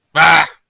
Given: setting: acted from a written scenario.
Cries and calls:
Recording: vocal sound without words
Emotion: anger

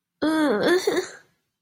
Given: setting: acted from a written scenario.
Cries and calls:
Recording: vocal sound without words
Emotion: shame

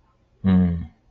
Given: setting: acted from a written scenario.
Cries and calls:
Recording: vocal sound without words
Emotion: neutral

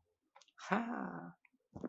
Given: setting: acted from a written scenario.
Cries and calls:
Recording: vocal sound without words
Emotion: positive surprise

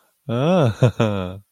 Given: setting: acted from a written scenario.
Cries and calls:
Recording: vocal sound without words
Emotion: adoration

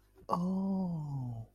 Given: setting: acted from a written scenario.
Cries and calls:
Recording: vocal sound without words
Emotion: realization

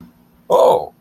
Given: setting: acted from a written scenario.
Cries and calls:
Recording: vocal sound without words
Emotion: positive surprise

